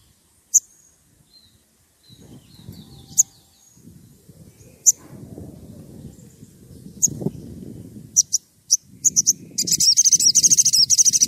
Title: Pancingan Suara Siulan Kacer Gacor Mantap Untuk Memancing Kacer Lain Agar Mau Nyaut Bunyi